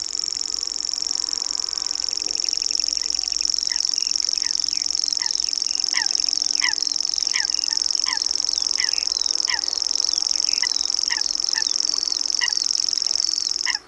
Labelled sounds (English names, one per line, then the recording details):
Common Grasshopper Warbler song
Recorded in the wild
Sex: male
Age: adult
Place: Anhauser Weiher, Baden-Württemberg, DE
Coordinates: 48.8458, 10.6578
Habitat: pond
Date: 1971-05-04
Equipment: Uher Report 4200, Scotch-Classic 19cm, AKG D190C in Doppelparabolreflektoren
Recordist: Krey, Winfried